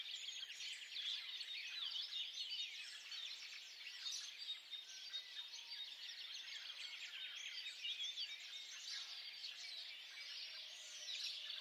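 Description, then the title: Birds chorusing, with many overlapping high twitters and chirps running steadily throughout against a soft noisy background. Birds singing at dawn. "Pássaros Cantando No Amanhecer"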